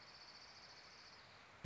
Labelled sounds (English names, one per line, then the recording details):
Orange-crowned Warbler
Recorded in Sonoma County, California